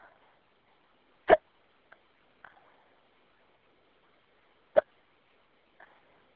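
Two sharp, abrupt hiccups about three and a half seconds apart from an adult, with a few faint throat sounds in between, heard over a quiet phone line in a phone message.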